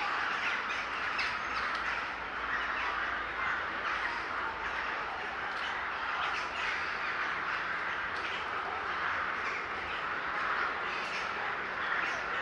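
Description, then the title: Birds calling en masse, a thick, unbroken chatter of harsh notes with brief louder squawks scattered throughout. Gathering of birds in S. Staszic Park, Łódź. "Ptaki W Parku Im. S. Staszica W Łodzi"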